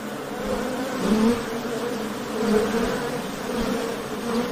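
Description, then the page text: Steady buzzing of honey bees, a low, droning hum with a few passing bees briefly louder, the sound swelling and easing gently. Ambient sound of honey bee wings buzzing. "ミツバチの羽音3分｜ Honey Bees Sound"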